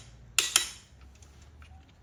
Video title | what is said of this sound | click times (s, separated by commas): How Accurate is a Torque Wrench from Amazon vs Snap On | So you guys heard it click. Torque adapter says 39.3, | 0.4 s